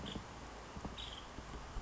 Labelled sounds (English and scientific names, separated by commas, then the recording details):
Nuttall's Woodpecker (Dryobates nuttallii)
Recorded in Sonoma County, California